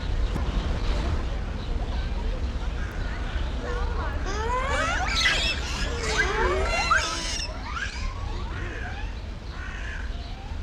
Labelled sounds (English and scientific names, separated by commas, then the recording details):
Japanese Macaque (Macaca fuscata)
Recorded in captivity
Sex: diverse
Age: adult
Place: Zoo Berlin, Berlin, DE
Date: 1994-08-06 13:46
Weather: wolkig bis heiter, 24-28°C
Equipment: Marantz CP 430, Sennheiser ME 80, Kopie Uher Variocord 263
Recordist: Tembrock, Günter